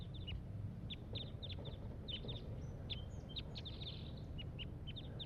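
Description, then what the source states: Crossbill calls: short, sharp, high chip notes given in quick irregular bursts throughout, over a steady low rumble. One wild crossbill giving tooping calls from the top of a pine tree.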